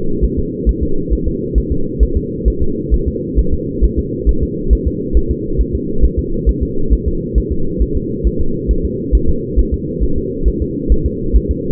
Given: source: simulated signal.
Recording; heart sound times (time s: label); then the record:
fetal heart sounds
0.24 s: S1
0.39 s: S2
0.69 s: S1
0.83 s: S2
1.13 s: S1
1.28 s: S2
1.58 s: S1
1.72 s: S2
2.03 s: S1
2.17 s: S2
2.48 s: S1
2.62 s: S2
2.94 s: S1
3.08 s: S2
3.39 s: S1
3.54 s: S2
3.85 s: S1
3.99 s: S2
4.29 s: S1
4.43 s: S2
4.73 s: S1
4.87 s: S2
5.17 s: S1
5.31 s: S2
5.61 s: S1
5.75 s: S2
6.05 s: S1
6.19 s: S2
6.49 s: S1
6.63 s: S2
6.93 s: S1
7.08 s: S2
7.38 s: S1
7.52 s: S2
7.82 s: S1
7.97 s: S2
8.27 s: S1
8.41 s: S2
8.71 s: S1
8.85 s: S2
9.15 s: S1
9.30 s: S2
9.59 s: S1
9.74 s: S2
10.04 s: S1
10.18 s: S2
10.48 s: S1
10.62 s: S2
10.92 s: S1
11.06 s: S2
11.36 s: S1
11.51 s: S2
From the record:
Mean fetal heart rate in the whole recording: 135 bpm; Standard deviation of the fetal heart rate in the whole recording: 3 bpm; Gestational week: 34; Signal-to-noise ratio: -8.1 dB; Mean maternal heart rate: 72 bpm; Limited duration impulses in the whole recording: absent